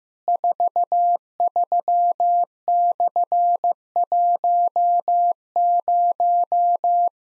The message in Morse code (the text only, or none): 43/10